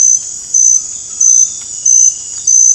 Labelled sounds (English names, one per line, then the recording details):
none
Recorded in dense forest near Puerto Asís, Putumayo, Colombia, on 22 December 2024 at 21:30
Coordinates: 0.481, -76.323
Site G100